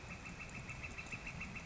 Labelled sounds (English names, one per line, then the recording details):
Northern Flicker
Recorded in Sonoma County, California